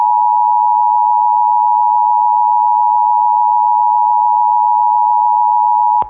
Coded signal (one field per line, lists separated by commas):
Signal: Emergency Alert System (SAME) tones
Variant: 853 and 960 Hz attention tone